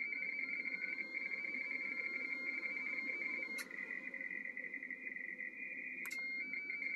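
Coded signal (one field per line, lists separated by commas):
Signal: RTTY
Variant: 45.45 baud, 170 Hz shift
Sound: rapid warbling two-tone chatter, continuous, with brief clicks and a short steady pause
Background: radio static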